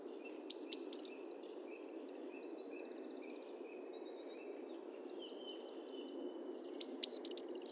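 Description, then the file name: Eurasian blue tit song given twice, each a few sharp high notes leading into a quick silvery trill, separated by several seconds of quiet with faint low background noise. Recorded 31 October 2018. "Cyanistes caeruleus 311018"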